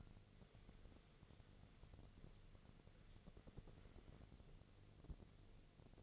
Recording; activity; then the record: daily activity, microphone in the room; wipe stove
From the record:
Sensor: 4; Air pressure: 1001.3 hPa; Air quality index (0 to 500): 186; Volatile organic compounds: 3 ppm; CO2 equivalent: 1326 ppm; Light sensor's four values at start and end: 13/31/13/13 and 13/31/13/13